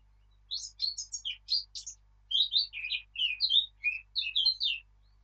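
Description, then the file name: Eurasian blackcap song: a rapid warble of high chirps that drops to lower notes about halfway through. "Sylvia atricapilla"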